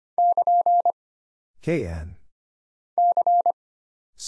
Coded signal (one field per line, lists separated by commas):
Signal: Morse code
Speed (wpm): 25 wpm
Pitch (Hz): 700 Hz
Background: none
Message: <KN> C